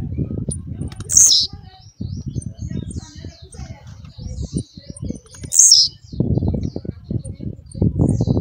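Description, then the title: Blue-black grassquit calls: two short, piercing high chips roughly four seconds apart, over low, rumbling background noise. Female call. "Piado De Fêmea De Tiziu"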